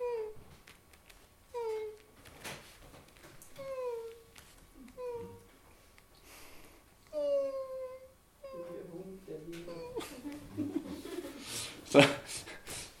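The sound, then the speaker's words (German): A voice imitates a ghost sitting outside a door, crying softly and quietly: a series of short, falling whimpers repeated every second or so, fairly faint, turning into rougher, breathier sobbing sounds near the end. “Und das Gespenst ist vor meiner Tür sitzen geblieben und hat geweint. Nicht laut.”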